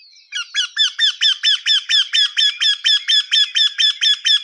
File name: Koshlar tavyshy - Ysyldavyk kosh Jynx torquilla